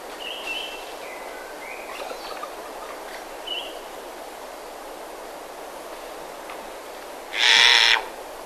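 Verreaux's sifaka giving one short, harsh, buzzy call near the end, after a few faint thin whistled notes, over a steady hiss.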